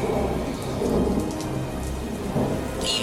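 A steady hiss of heavy rain with deep, rolling thunder rumbling underneath, swelling and fading in low waves throughout; no voices.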